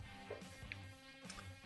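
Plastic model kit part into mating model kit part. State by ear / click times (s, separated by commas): seated / 0.7 s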